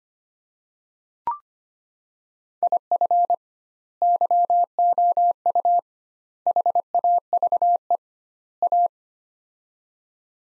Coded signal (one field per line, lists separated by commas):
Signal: Morse code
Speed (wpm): 25 wpm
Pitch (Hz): 700 Hz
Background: none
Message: IF YOU HAVE A